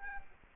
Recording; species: mosquito wingbeat signal from an infrared sensor; Culex quinquefasciatus